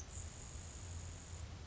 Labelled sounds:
Grasshopper Sparrow
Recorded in Sonoma County, California

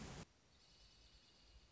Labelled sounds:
Dark-eyed Junco
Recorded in Sonoma County, California

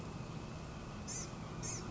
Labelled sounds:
Blue-gray Gnatcatcher
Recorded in Sonoma County, California

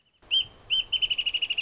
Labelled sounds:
Wrentit
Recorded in Sonoma County, California

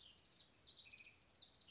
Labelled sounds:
House Wren
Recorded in Sonoma County, California

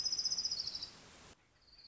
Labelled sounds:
Orange-crowned Warbler
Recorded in Sonoma County, California

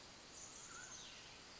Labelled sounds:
Mountain Quail
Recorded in Sonoma County, California

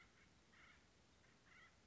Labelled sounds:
Acorn Woodpecker
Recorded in Sonoma County, California

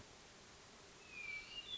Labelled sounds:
Hermit Thrush
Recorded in Sonoma County, California

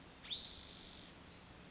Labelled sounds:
Spotted Towhee
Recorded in Sonoma County, California

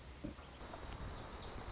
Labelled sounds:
Lazuli Bunting
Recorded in Sonoma County, California

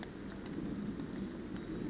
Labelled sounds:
Brown Creeper
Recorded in Sonoma County, California

